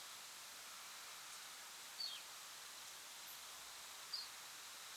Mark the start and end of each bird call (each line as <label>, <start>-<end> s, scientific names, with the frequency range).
Emberiza hortulana (2.2-4.8 kHz), 1.98-2.18 s
Emberiza hortulana (3.7-5.5 kHz), 4.12-4.26 s